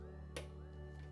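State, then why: Seated. A screw is turned counterclockwise in a threaded hole until its thread start drops into place with a single short, sharp click at 0.4 s, seating it so it can then be screwed in clockwise without cross-threading. This method works even for self-tapping screws in plastic. A steady low tonal hum with faint music runs underneath the whole clip.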